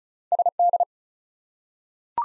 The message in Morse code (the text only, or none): SD